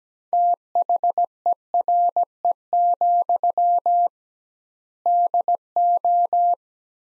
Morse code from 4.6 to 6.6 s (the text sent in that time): DO